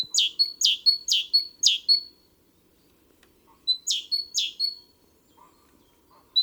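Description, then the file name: Great tit sings two bursts of rhythmic two-note phrases, a steady high whistle then a sharp drop, separated by a short near-silent pause. "Parus major"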